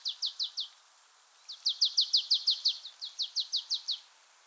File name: Poecile palustris